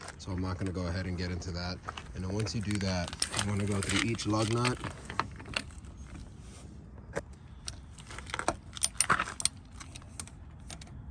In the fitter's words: And once you hear it click, that's how you know that it's torqued to the right setting. Boom.